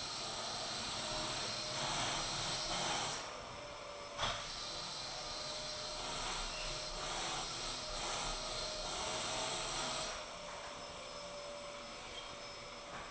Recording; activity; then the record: daily activity, microphone in the room; vacuum cleaning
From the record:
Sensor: 5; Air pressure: 1002.1 hPa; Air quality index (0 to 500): 211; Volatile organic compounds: 21 ppm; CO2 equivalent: 2737 ppm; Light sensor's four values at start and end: 10/24/10/11 and 10/24/10/11